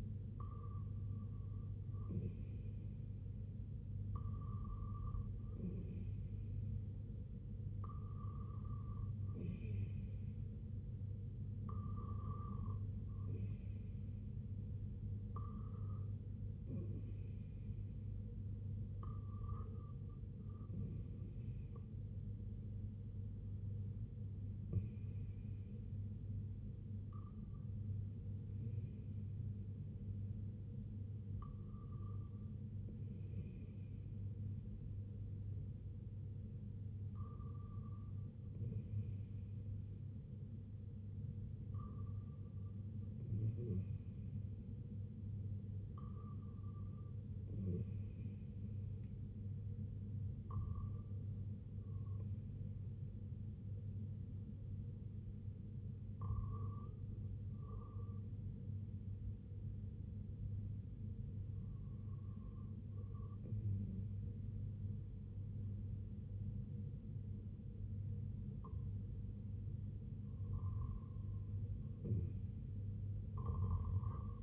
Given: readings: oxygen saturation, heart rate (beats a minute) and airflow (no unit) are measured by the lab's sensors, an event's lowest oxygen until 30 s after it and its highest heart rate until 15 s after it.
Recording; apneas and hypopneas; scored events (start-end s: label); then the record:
breathing in sleep by a smartphone at the bedside; none
none scored
From the record:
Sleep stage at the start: REM sleep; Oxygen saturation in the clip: 95 to 97%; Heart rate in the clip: 67 to 86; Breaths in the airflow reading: 14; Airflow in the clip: -6.7 to 3.6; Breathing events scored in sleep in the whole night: 258 in 7.4 hours asleep